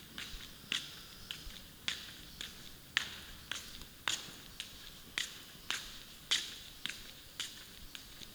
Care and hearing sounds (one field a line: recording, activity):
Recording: daily activity, guitar pickup as the sensor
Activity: walk